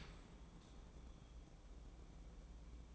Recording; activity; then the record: daily activity, microphone in the room; open dishwasher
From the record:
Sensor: 1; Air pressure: 1012.4 hPa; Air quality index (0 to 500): 174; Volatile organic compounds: 3 ppm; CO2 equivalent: 1419 ppm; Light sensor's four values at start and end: 356/813/361/397 and 357/816/362/398